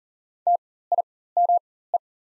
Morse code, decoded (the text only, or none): TIME